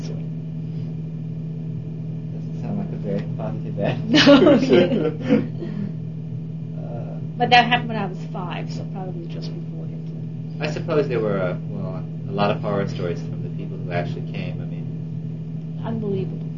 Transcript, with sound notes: Doesn't sound like a very positive attitude. (Chuckle)
No. (Chuckle) But that happened when I was five, so probably just before Hitler.
I suppose there were, well, a lot of horror stories from the people who actually came, I mean--
Unbelievable.